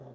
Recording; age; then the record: pig call; piglet (1 to 25 days)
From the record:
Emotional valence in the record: negative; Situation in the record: short isolation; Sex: female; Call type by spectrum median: low-frequency call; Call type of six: low-frequency stable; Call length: 0.14 s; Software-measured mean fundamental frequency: 63 Hz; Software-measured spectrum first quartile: 151 Hz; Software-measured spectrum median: 326 Hz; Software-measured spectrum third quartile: 558 Hz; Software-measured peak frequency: 136 Hz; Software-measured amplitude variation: 69 dB a second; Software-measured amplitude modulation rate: 13.9 a second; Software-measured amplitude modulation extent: 5.0 dB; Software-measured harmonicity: -6.7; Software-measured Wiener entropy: 0.16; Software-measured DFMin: 994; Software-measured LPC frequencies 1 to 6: 550, 3436, 5410, 6189, 7940, 10096 Hz